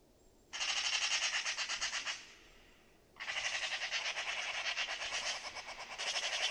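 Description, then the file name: Eurasian magpie rattling chatter, two long bursts of harsh, rapid, noisy pulses separated by a pause of about a second. "Pica pica"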